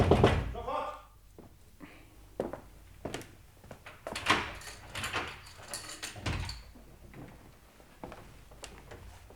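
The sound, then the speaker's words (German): An office door is unlocked and opened from the inside: a run of sharp clicks, rattles and dull thunks of moderate loudness, with a brief voiced sound at the start. “Öffnen Sie die Tür!”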